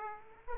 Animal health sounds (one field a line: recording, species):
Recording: mosquito wingbeat signal from an infrared sensor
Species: Aedes aegypti